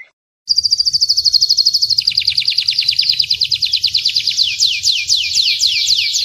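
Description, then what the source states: Canary song: a dense rapid trill that drops slightly in pitch partway, then loosens into distinct repeated sweeping notes. Song style called kalitan, gaya gela gelo.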